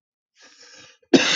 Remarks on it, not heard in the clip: I don't know if you can hear the wind blowing. That's why I'm coughing.